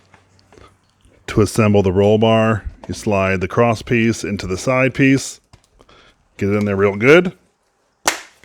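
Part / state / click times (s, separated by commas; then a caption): roll bar cross piece into roll bar side piece of ride-on toy jeep / seated / 8.1 s. Someone talks while the plastic roll bar cross piece is slid and pushed into the side piece of a Jeep Gladiator Power Wheels (Hyper Toys) ride-on toy Jeep. After the talking, one sharp, loud snap is heard at 8.1 s as the cross piece seats into the side piece.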